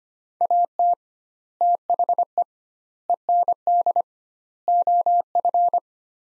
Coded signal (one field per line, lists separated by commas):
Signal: Morse code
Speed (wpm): 25 wpm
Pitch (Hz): 700 Hz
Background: none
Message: AT THE END OF